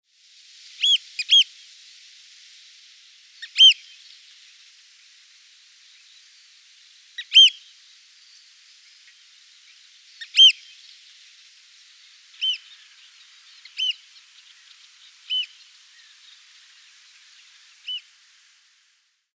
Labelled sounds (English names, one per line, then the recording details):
Common Ringed Plover
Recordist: Tembrock, Günter
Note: Flugrufe